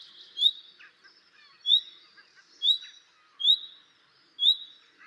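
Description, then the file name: Common nightingale gives five rising whistled call notes at uneven intervals. Softer twittering birdsong runs underneath. "Luscinia megarhynchos"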